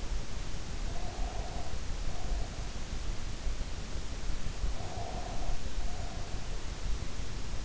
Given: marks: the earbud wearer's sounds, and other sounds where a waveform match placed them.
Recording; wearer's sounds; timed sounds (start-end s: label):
sounds in sleep by an in-ear microphone; breath
0.81-2.82 s: breath
4.68-6.63 s: breath